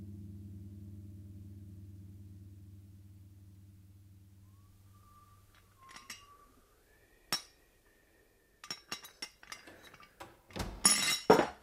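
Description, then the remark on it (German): A low droning hum fades out, then a coffee pot and cups clink and rattle in scattered bursts, growing busier and louder toward the end, with no one speaking. “Was machst du denn mit der Kaffeekanne?”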